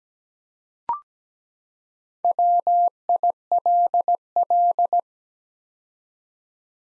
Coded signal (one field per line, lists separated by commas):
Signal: Morse code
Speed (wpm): 17 wpm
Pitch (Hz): 700 Hz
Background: none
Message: WILL